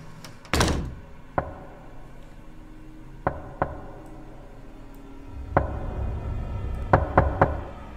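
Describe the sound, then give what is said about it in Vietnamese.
Knocking on the outside of a house door at three in the morning on a still winter night, in irregular bursts: one heavy thud, then sharp raps in pairs and a quick cluster of three, over a low rumbling background with no voices. “Ba giờ sáng, trong lúc mà trời đất vẫn còn đang im lìm, màn đêm tĩnh lặng, ở bên ngoài cửa nhà lão Tính bỗng nhiên vang lên tiếng gõ cửa.”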